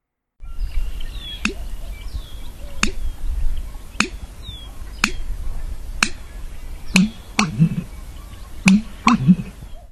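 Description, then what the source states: American Bittern song, a few soft low plunks at first, then louder gulping booms near the end, with sharp clicks recurring throughout. Male; a couple of soft plunking sounds come before the full three-part song, which attracts mates and defends territory and is likened to a rusty water pump.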